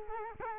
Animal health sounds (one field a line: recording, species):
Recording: mosquito wingbeat signal from an infrared sensor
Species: Culex quinquefasciatus